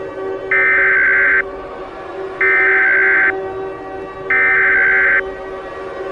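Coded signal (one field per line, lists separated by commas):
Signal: Emergency Alert System (SAME) tones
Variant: header bursts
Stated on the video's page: Fictional EAS scenario using valid tones, shown on a NOAA weather radio screen.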